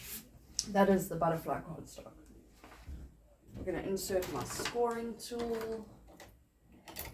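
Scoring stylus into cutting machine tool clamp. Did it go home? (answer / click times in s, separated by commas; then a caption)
no / none. Someone talks while handling a scoring stylus at the tool clamp of a home cutting machine, about to push it in until it clicks. A few faint, short taps and knocks sound under the voice near the end. Nothing has seated or clicked yet.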